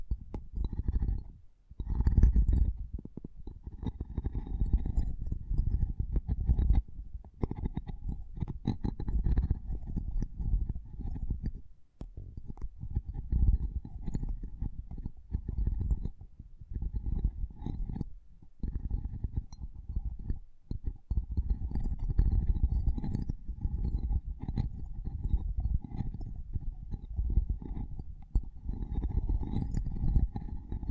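Mic tapping and scratching go on almost without pause for the whole stretch, a dense, low, thumping rumble with rough scraping on top. Short silences break it near 2, 12, 18 and 20 seconds, and faint thin clicks come and go above the low noise.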